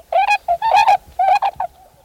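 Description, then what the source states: Tundra Swans giving mellow, bugling whoops in a few quick clusters. Distinctive whoops of a second formation of swans flying in on a November morning to forage near trumpeter swans in a plowed field; fall migrants from Canada and Alaska.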